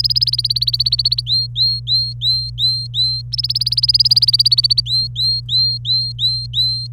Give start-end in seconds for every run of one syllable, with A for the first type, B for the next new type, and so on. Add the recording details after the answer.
0.00-1.21 A, 1.27-3.21 B, 3.32-4.81 A, 4.86-6.87 B. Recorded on 25 April 2018 at 15:53. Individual llb3